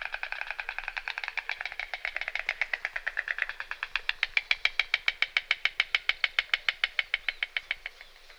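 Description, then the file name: Stork bill clattering: a long rattle of sharp, dry wooden knocks that become more distinct before stopping. "CIGOGNES JCR"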